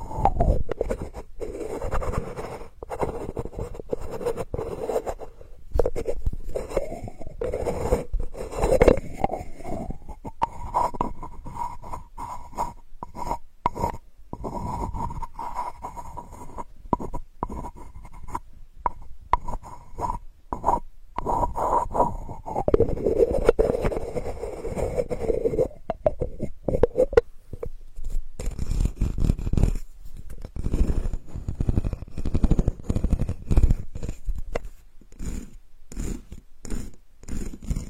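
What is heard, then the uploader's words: Sandalwood being tapped in quick, dense clicks and scrapes, dry, with a faint steady tone midway. Healing sandalwood tapping experience SPA.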